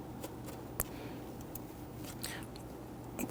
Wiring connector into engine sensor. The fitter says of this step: that up and on. You're going to feel it and hear it engage.